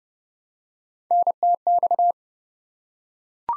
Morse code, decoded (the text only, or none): NTX